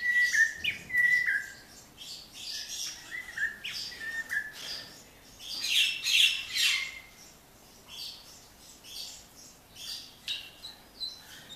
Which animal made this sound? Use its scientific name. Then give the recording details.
Cossypha niveicapilla. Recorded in captivity. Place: Zoo Berlin, Berlin, DE. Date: 1997-01-05 11:26. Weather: heiter, -11°C. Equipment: Nagra SN, Kopie Uher 4000 Report Monitor. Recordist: Tembrock, Günter